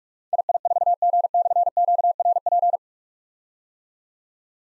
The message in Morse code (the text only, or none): II4G/QRP